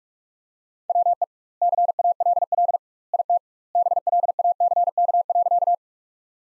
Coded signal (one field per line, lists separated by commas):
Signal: Morse code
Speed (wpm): 46 wpm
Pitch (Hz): 700 Hz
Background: none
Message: WE CALL IT BLACK.